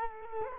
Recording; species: mosquito wingbeat signal from an infrared sensor; Culex quinquefasciatus